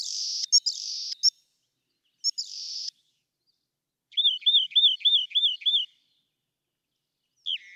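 Rock wren song, with short buzzy notes and sharp chips, then a run of six repeated slurred syllables and a final downslurred note.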